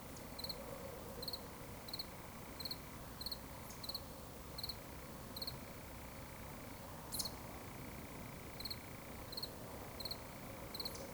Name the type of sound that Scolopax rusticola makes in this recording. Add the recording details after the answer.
whistle. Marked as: whistle, whistle, whistle, whistle. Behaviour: display flight. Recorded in Baden-Württemberg, Germany, on 11 June 2020 at 20:34 UTC. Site 24578, 122 m above sea level